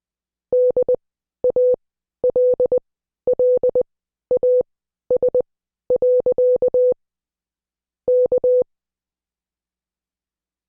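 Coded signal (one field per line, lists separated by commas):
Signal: Morse code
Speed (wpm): 20 wpm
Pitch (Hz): 500 Hz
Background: none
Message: DALLAS. K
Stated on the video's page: Morse code class lesson.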